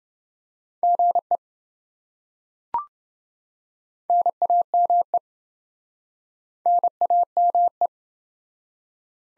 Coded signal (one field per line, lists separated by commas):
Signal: Morse code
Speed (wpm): 26 wpm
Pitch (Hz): 700 Hz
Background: none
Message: GE NAME NAME